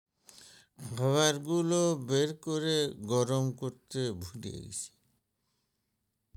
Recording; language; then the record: elicited speech; Bengali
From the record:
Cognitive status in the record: dementia